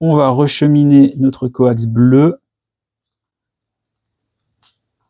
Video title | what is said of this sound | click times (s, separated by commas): Réparation Xiaomi Redmi Note 13 Pro Plus. Teardown - Ecran - Screen Replacement. | on voit que c'est pas très bien clipsé | none